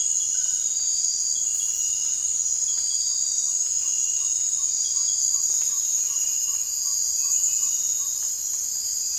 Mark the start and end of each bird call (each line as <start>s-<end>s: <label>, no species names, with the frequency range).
3.54s-8.12s: bird call (0.8-1.6 kHz)